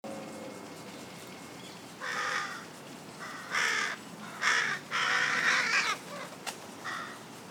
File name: Corvus corone